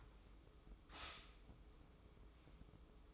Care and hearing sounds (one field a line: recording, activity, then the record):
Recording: daily activity, microphone in the room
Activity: stop toaster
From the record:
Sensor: 1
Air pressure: 995.3 hPa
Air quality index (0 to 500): 25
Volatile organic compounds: 0 ppm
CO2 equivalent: 500 ppm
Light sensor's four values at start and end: 18/59/21/23 and 18/59/21/23